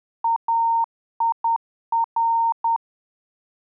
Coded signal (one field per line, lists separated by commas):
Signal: Morse code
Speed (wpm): 10 wpm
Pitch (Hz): 920 Hz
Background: none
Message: AIR